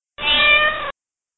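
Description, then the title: Cat giving a single drawn-out meow of steady pitch, lasting under a second, with no other sounds. A pet cat. "kucingku"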